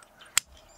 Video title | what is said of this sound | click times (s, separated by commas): POST SOLAR ERECTION CONNECTION (Wiring Skoolie Solar Panels) | ah there's the click | 0.4 s